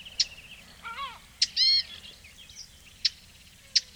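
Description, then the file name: Eurasian blackcap sharp tac calls, a few dry clicks spaced irregularly, with louder nasal harmonic calls and chirping notes. "Sylvia atricapilla"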